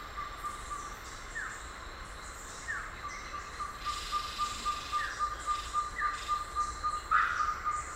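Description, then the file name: Ferruginous pygmy owl giving a long even series of short mellow toots, about four each second, with louder downslurred whistles at intervals. Recorded 30 October 2001. "2001-10-30 Ferruginous Pygmy-Owl"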